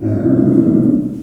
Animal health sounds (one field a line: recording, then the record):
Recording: squeal of a Yucatan mini pig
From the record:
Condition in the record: after surgery on the right vocal fold (resection and tissue-engineered implant)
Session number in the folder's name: 5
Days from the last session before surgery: 33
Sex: female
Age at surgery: 19 weeks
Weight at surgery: 25 kg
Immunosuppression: prednisolone